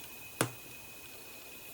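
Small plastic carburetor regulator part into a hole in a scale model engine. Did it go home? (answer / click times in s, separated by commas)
yes / 0.4 s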